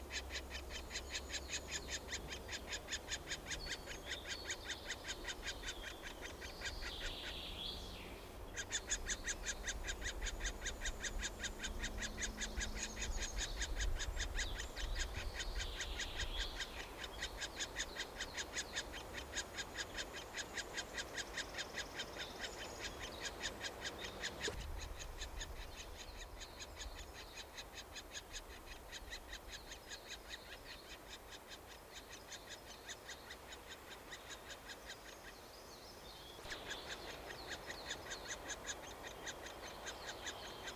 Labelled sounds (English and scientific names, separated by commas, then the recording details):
Middle Spotted Woodpecker (Dendrocopos medius)
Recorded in the wild
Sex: diverse
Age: diverse
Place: Detmold, OT Hiddesen, Teutoburger Wald, Nordrhein-Westfalen, DE
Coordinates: 51.9272, 8.80583
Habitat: pond
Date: 1969-06-17
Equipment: Uher 4000 Report-S, Bändchenmikro Beyer M 260, Parabolspiegel Polyester (470 mm)
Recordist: Conrads, Klaus